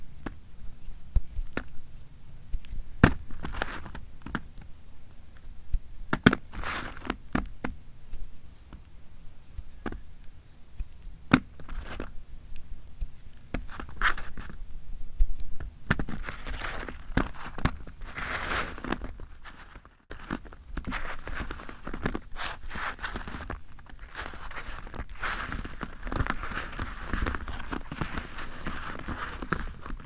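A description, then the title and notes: Fingernails tap on plastic packaging in quick, irregular clicks, sometimes single and sometimes in short clusters, all through the half minute. A low rumble runs underneath. After a brief near-silent gap around twenty seconds, the tapping returns with a more rustling, crinkly texture. Fingernail tapping on plastic packaging ASMR.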